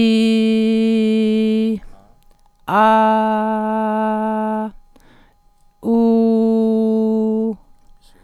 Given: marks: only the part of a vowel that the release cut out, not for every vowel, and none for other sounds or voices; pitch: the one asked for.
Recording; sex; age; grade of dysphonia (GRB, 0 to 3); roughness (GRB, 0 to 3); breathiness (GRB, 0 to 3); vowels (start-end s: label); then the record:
sustained vowels; female; 40 to 49 years; 0; 0; 0
0.00-1.66 s: vowel /i/, normal pitch
2.93-4.53 s: vowel /a/, normal pitch
5.99-7.44 s: vowel /u/, normal pitch
From the record:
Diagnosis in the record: healthy voice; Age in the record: 41 years